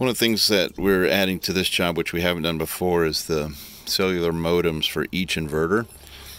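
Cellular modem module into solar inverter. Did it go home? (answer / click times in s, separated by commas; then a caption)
no / none. Someone talks while handling a cellular modem module, one for each grid-tie solar inverter, that is about to be pressed into its slot in the inverter. Nothing has seated or clicked yet, and the clip ends just before the module snaps home.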